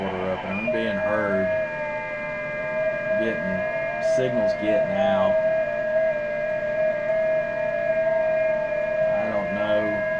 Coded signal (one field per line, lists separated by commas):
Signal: FT8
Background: speech